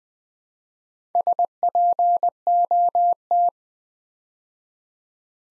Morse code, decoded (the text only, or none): SPOT